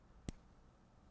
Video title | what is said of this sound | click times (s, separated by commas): Live #2 Hey up! Robots in the making | have to yeah you can hear the click anyway of it being coming off so you | 0.3 s